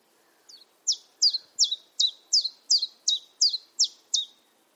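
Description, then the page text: Common chiffchaff song: a steady series of about eleven sharp, high, downward-slurred notes, roughly two or three per second. "Jerome Fischer - Пеночка-теньковка Common Chiffchaff (Phylloscopus collybita)"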